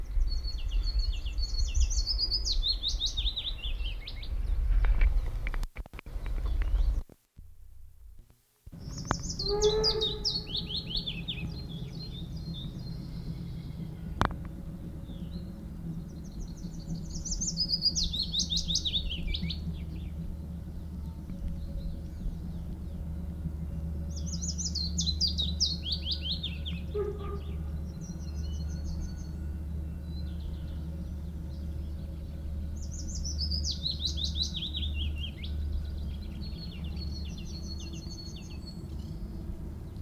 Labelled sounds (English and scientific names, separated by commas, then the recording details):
Willow Warbler (Phylloscopus trochilus)
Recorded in the wild
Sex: male
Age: adult
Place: Lichtenbergerhöhe, Tübingen, Baden-Württemberg, DE
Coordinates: 48.5147, 9.03611
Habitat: meadow, forest
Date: 1963-05-11
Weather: overcast, rain
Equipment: LGS26
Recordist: Schneider, Hans-Joachim